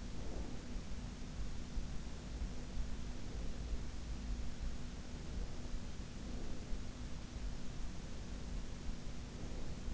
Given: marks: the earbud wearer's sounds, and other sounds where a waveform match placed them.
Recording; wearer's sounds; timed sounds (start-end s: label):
sounds in sleep by an in-ear microphone; breath
0.00-0.93 s: breath